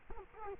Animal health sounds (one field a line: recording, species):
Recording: mosquito wingbeat signal from an infrared sensor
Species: Culex quinquefasciatus